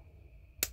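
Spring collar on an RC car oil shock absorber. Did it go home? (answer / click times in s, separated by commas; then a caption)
yes / 0.6 s. The plastic spring collar is pushed onto a Schumacher LD3 D RC car oil shock absorber, already filled with oil and bled, while the spring is held down with one hand. After a quiet stretch with a faint steady hum, a single sharp click sounds at 0.6 s as the collar seats into place.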